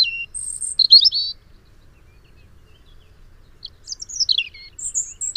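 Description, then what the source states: European Robin song: high, sweet warbled phrases with quick varied notes, two bursts separated by a pause of about two seconds. Sings in gardens.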